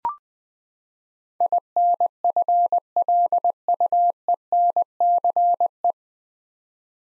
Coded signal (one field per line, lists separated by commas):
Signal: Morse code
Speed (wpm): 21 wpm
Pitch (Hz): 700 Hz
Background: none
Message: INFLUENCE